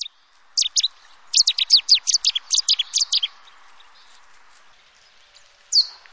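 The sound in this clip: Bird calls: a rapid series of sharp, high, descending chirps lasting a few seconds, then a single loud note at the end over faint background hiss.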